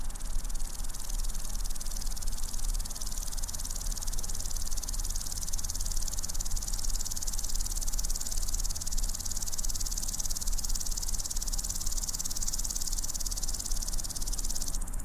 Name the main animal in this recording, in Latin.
Omocestus viridulus